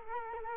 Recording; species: mosquito wingbeat signal from an infrared sensor; Culex quinquefasciatus